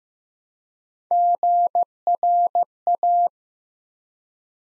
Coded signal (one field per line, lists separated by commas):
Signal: Morse code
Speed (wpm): 15 wpm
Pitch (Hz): 700 Hz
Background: none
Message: GRA